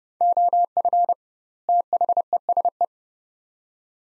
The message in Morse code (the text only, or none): OF THESE